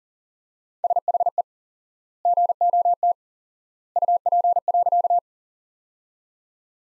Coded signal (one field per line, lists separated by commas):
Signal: Morse code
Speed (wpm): 40 wpm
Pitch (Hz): 700 Hz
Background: none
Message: SHE GOT UP.